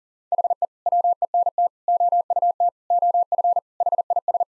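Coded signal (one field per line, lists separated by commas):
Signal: Morse code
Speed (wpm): 40 wpm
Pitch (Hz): 700 Hz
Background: none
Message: HE WENT OUT OF HIS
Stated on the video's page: Head-copy drill of sentences with common six-word phrases at 40 wpm, each sentence sent, spoken, then sent again.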